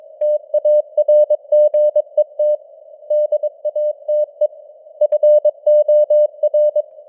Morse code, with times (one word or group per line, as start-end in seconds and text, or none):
0.2-2.5 TARGET
3.1-4.5 DATE
5.0-6.8 FOR